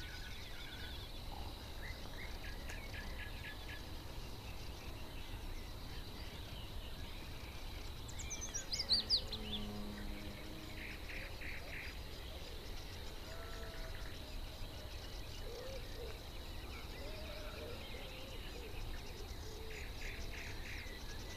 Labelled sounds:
Red-backed Shrike
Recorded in the wild
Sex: male
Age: adult
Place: Gartz (Oder), Nationalpark Unteres Odertal, Brandenburg, DE
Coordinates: 53.1372, 14.3712
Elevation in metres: 1
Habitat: meadow
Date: 2014-05-07 20:14
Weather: cloudy, 18°C, almost windless
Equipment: Sound Devices 702, Sennheiser MKH 70, Rycote Windschutz
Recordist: Frommolt, Karl-Heinz

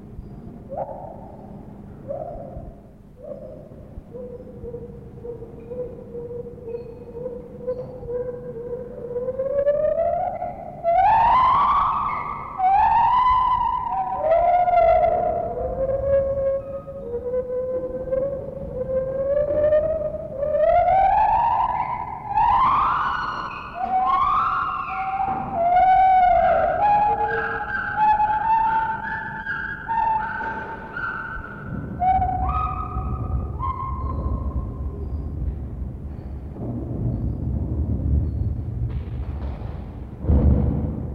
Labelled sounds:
Lar Gibbon
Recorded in captivity
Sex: pair
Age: adult
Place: Zoo Berlin, Berlin, DE
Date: 1960-11-12 12:00
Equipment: Minifon, Kopie Smaragd
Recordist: Tembrock, Günter

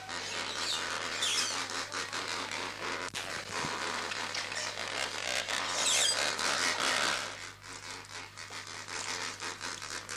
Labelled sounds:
Lesser Flamingo
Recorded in captivity
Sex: group
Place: Zoo Berlin, Berlin, DE
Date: 2006-06-07 17:35
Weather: heiter, 16°C
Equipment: Grundig CR 110, Sennheiser ME 80, Kopie Uher 4000 Report Monitor
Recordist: Tembrock, Günter

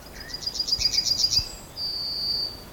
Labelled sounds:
Yellowhammer
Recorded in the wild
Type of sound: call sequence
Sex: male
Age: adult
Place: Schildow, NSG, Kalktuffgelände am Tegeler Fließ (NSG Schildow), Berlin, DE
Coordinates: 52.64, 13.39
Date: 1995-06-25 11:00
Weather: 14-20°C
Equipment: Sony WM-D6C, Sennheiser ME 80, Kopie Uher 4000 Report Monitor
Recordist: Tembrock, Günter
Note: Gesang - 1 Strophe

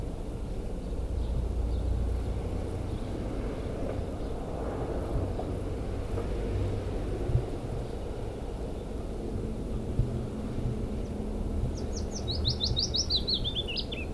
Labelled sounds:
Willow Warbler song
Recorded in the wild
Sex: male
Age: adult
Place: Tübingen, Baden-Württemberg, DE
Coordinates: 48.5164, 9.04222
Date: 1964-07-20
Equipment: Nagra III PH, Parabolspiegel, LGS26
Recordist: Schneider, Hans-Joachim
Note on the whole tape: Oberhalb des Hauses Biesingerstraße Nr. 8. Aufnahme mit Parabolspiegel: Gesang

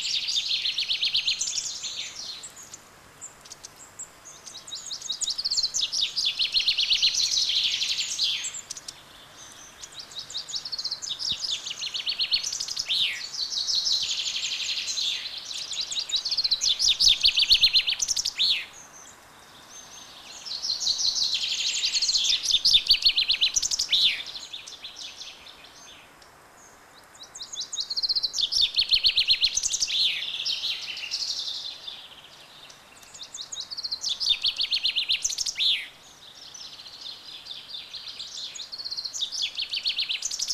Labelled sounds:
Common Chaffinch
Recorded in the wild
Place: Martigny, Kanton Wallis, CH
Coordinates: 46.1239, 7.08528
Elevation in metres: 462
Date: 1986-03-20
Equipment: Uher 4000 Report, Sennheiser MKH 815 T
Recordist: Tretzel, Erwin
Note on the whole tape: Am Ufer der Rhône, Martigny, Schweiz: Rufe "huit" und dann Gesangsschläge

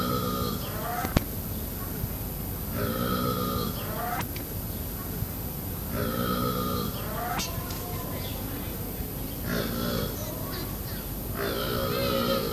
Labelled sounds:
Scimitar-horned Oryx call
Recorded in captivity
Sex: group
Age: diverse
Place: Zoo Berlin, Berlin, DE
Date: 2005-08-26 16:49
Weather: sunny, 17°C
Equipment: Panasonic RQ-2102, Sennheiser ME 80, Kopie Uher 4000 Report Monitor
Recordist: Tembrock, Günter
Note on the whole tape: Säbelantilope (O.g.dammah): diverse Tiere vor Einlaß: Laute

